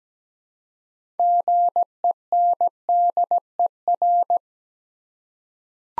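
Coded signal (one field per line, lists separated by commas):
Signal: Morse code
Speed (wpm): 17 wpm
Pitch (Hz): 700 Hz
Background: none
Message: GENDER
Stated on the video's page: Morse practice sending six-letter words at 17wpm for head-copy drill, each word sent twice.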